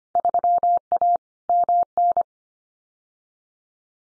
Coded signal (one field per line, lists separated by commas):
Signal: Morse code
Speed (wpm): 25 wpm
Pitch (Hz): 700 Hz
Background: none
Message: 3A MN